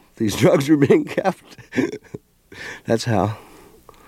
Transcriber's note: soundbite of laughter